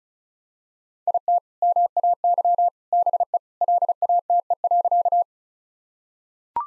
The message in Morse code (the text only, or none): IT MAY BE LATE.